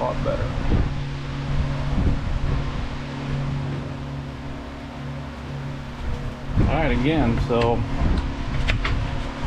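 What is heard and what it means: During reassembly of a Stihl HT 131 pole saw cutting head, a drive or chain part is pushed into the cutting head housing over a steady low hum while someone talks. Two short, sharp knocks land at 8.7 and 8.85 seconds, but the part is still not fully seated, so the chain will be spun to let it drop in.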